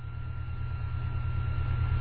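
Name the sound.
airplane passing overhead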